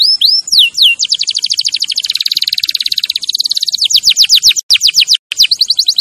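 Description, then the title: Canary song opening with a few swooping whistles, then a rapid, even trill lasting several seconds before breaking into quick descending sweeps with short pauses. Champion canary song used as a master recording for training other birds. "Masteran Kenari Juara"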